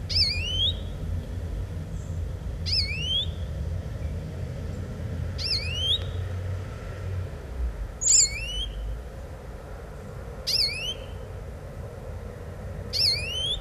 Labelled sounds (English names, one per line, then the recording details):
European Greenfinch call
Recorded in the wild
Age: adult
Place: Kaiserslautern, Rheinland-Pfalz, DE
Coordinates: 49.4247, 7.77889
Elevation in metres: 279
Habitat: garden
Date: 1980-08-18
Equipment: Uher 4000 Report, Brühler-Mikrophon, Parabolreflektor
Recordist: Tretzel, Erwin
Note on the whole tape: Garten, Kaiserslautern: Luftwarnrufe